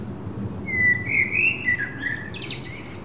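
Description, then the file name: Common blackbird song: a rich, rising and falling fluted phrase followed by a scratchy high-pitched twitter, a low hum beneath. "Turdus merula"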